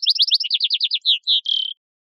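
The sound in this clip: Vesper sparrow song ending: a quick run of slurred descending notes, two slower clear notes and a final buzzy trill.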